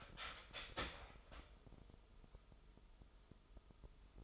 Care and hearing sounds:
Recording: daily activity, microphone in the room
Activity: start toaster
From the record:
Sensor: 5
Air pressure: 988.7 hPa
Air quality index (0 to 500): 234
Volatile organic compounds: 186 ppm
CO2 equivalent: 4167 ppm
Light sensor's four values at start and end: 39/123/48/51 and 40/124/48/51

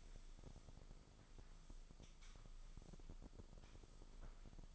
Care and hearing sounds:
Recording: daily activity, microphone in the room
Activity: sweep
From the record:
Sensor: 5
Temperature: 24.6 degrees Celsius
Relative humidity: 32.2%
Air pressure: 996.1 hPa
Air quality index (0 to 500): 100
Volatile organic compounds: 6 ppm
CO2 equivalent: 1921 ppm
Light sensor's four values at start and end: 40/97/39/41 and 39/94/38/40

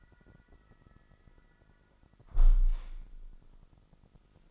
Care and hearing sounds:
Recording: daily activity, microphone in the room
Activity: close window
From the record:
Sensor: 5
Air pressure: 1004.8 hPa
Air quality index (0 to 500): 81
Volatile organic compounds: 1 ppm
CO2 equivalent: 971 ppm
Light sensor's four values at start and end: 33/78/31/31 and 33/78/31/31

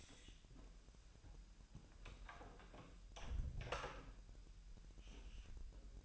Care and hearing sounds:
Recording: daily activity, microphone in the room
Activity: close door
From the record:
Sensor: 2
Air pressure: 1001.0 hPa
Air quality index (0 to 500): 249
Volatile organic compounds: 97 ppm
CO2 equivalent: 3735 ppm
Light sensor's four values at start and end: 10/23/10/10 and 10/23/9/10

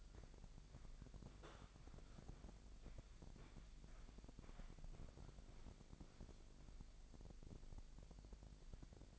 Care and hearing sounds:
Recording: daily activity, microphone in the room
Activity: walk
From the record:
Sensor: 5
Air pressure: 1001.7 hPa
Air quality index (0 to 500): 182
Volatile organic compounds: 12 ppm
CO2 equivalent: 2334 ppm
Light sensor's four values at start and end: 30/99/37/40 and 30/99/37/39

